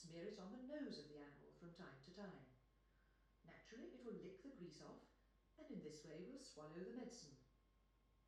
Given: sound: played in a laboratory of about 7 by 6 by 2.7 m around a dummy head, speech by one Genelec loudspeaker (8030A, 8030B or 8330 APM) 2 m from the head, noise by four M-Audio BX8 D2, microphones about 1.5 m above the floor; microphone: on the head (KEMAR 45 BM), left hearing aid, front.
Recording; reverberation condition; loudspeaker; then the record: female speech in English; medium; 60 degrees to the right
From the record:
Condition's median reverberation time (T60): about 510 ms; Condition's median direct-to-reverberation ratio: about -0.5 dB